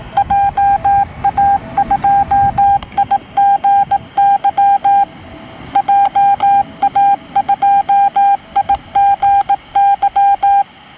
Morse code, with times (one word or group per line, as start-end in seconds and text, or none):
0.2-5.0 JA2IGY
5.8-10.6 JA2IGY